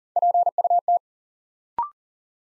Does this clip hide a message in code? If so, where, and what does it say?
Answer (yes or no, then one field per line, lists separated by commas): yes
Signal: Morse code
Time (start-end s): 0.2-1.0 s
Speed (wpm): 40 wpm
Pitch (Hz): 700 Hz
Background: none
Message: PUT